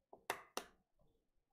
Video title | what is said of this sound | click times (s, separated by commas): Ryzen 3 3200G MSI GTX 1650 super!! | put it in and you want to apply even pressure until it clicks in | 0.3 s, 0.6 s